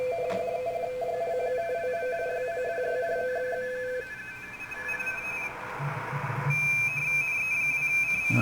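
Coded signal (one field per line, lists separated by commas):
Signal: RTTY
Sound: rapid warbling two-tone teletype chatter, switching pitch mid-clip, over hiss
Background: radio static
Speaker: it is wall toall rtty here on the band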